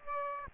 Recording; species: mosquito wingbeat signal from an infrared sensor; Aedes aegypti